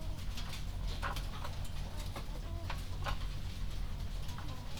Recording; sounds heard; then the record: poultry house recording; sick chickens (respiratory disease)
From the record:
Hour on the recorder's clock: 0